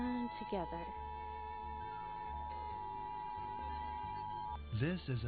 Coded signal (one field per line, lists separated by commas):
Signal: Emergency Alert System (SAME) tones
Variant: 853 and 960 Hz attention tone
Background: speech, music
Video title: (EAS #39) WVPB - National Periodic Test (10/4/2023)